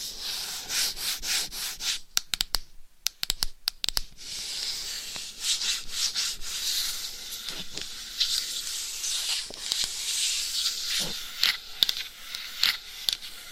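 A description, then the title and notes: Bright scratching of long nails across a microphone, with dense hissy rasping in the upper range and frequent sharp clicks and taps. A quieter pause with scattered crackles comes around two to four seconds, then the steady scraping resumes. No voice is heard. ASMR Mic Scratching - Brain Scratching Hypnotic Asmr No Talking for Sleep with Long Nails.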